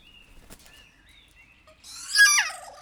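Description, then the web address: Kea giving one loud, harsh screech that starts high and slides down, following a few faint thin whistles over quiet background. Captive bird in a zoo at Jászberény, 2016. "jaszberenyizoo 2016 professzionalis kea"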